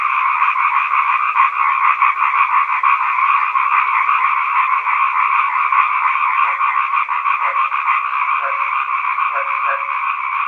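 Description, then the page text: Many East Asian bullfrogs calling together in a steady, rattling chorus; toward the end, low croaks stand out several times. "虎皮蛙叫声"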